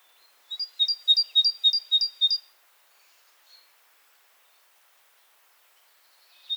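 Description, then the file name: Great tit call series: about seven clear, metallic double notes given quickly and evenly, followed by a long pause with a single soft note, then another call beginning at the end. "Parus major"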